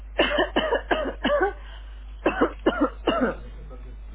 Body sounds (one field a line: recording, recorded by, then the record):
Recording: voluntary cough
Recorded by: telephone call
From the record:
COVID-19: negative